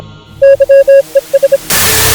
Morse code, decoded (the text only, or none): YES